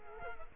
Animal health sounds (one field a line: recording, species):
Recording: mosquito wingbeat signal from an infrared sensor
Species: Culex quinquefasciatus